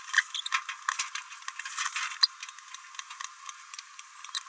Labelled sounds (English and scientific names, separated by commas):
Green-rumped Parrotlet (Forpus passerinus) babbling